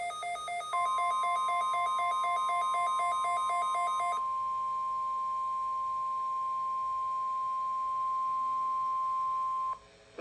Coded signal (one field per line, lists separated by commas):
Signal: Emergency Alert System (SAME) tones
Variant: 1050 Hz attention tone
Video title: EAS: NOAA WX Radio RWT on KEC73 (6/24/2026)